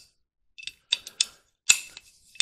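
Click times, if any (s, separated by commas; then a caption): 1.2 s. During assembly of a short-barreled rifle, a part (the takedown pin) is pushed through and then rotated until it clicks into its locked position. A series of sharp metallic ticks and clicks is heard, with the locking click at 1.2 s, followed by louder clicks at 1.7 s and 2.4 s. The part is confirmed locked in place.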